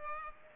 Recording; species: mosquito wingbeat signal from an infrared sensor; Culex pipiens